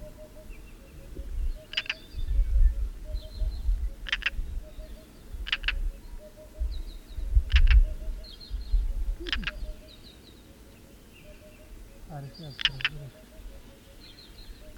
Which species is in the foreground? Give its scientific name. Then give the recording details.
Coracias garrulus. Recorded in the wild. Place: Babadag, Dobrogea, RO. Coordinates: 44.891, 28.717. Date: 1976-05-30. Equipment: Nagra III BH, Sennheiser MD 21, parabola. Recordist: Schubert, Michael